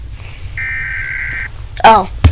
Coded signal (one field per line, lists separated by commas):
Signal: Emergency Alert System (SAME) tones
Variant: header bursts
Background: speech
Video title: EAS Alarms scale 0/10